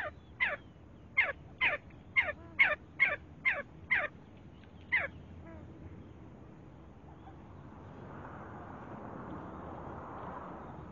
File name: See See partridge sound